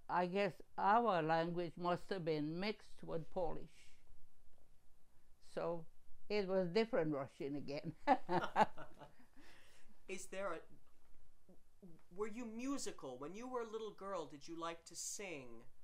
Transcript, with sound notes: I guess, our language must have been mixed with Polish, so it was different Russian again. (laughing)
Is there a, were you musical, when you were a little girl, did you like to sing?